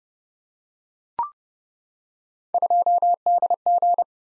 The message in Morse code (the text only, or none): 2DG